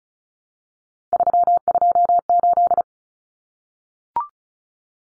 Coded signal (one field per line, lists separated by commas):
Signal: Morse code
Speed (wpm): 34 wpm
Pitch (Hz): 700 Hz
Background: none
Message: 328